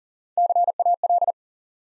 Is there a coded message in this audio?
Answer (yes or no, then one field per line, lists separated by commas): yes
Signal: Morse code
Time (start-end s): 0.4-1.3 s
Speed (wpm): 38 wpm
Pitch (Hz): 700 Hz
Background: none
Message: CAL